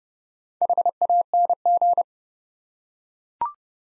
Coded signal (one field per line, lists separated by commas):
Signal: Morse code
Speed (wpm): 30 wpm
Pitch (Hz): 700 Hz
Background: none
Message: HANG